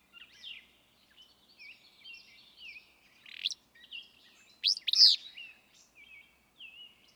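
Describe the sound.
Willow flycatcher singing two sharp, buzzy phrases close together, amid thin, sliding chirps.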